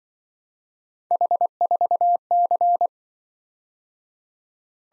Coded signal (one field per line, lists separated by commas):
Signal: Morse code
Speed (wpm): 24 wpm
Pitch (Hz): 700 Hz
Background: none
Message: H4C